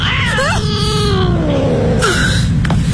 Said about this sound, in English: It's okay. It's just a cat.